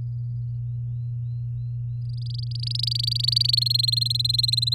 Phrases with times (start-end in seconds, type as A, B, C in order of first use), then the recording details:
2.10-3.60 A, 3.61-4.74 B. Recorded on 8 May 2018 at 14:53. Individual llb16